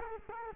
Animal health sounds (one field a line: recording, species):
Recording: mosquito wingbeat signal from an infrared sensor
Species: Culex quinquefasciatus